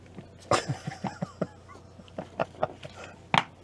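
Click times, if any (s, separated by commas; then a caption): 3.4 s. A battery-powered plastic Blink wireless security camera is refitted onto its bracket mount inside a van, with several short handling knocks and scrapes as it is lined up. A firm little click at 3.4 s seats it, and the camera is back on its mount.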